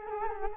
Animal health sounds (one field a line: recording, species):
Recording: mosquito wingbeat signal from an infrared sensor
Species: Culex quinquefasciatus